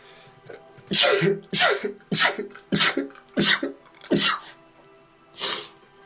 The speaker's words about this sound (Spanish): Y voy a estornudar.